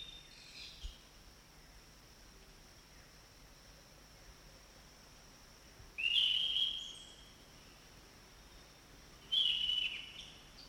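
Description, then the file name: Orange-banded thrush giving two brief slurred whistled phrases a few seconds apart. Forest setting. "anis cendana hutan omkicau"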